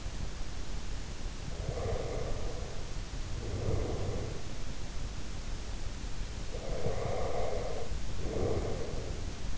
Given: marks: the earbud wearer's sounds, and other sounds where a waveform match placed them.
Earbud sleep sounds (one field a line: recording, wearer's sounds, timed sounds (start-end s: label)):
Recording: sounds in sleep by an in-ear microphone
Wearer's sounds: breath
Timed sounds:
1.72-4.64 s: breath
6.53-9.58 s: breath